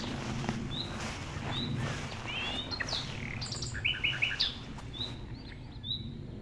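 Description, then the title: Common nightingale song with soft whistles, then a short burst of fast repeated notes, then more whistles, over a low rumble. Singing near Chindrieux, France, in tall grass; recordist approaches through the grass, noting it is deaf to outside noise while singing; airliners and an accelerating road vehicle in background. "195 Rue de Vars, Chindrieux, France - approche d'un rossignol"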